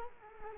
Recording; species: mosquito wingbeat signal from an infrared sensor; Culex quinquefasciatus